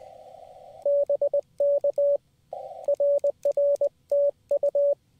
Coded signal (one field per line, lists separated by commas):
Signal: Morse code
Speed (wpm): 20 wpm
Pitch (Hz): 560 Hz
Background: radio noise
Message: BK RR TU